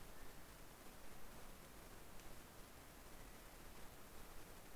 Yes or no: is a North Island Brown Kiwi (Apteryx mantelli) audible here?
no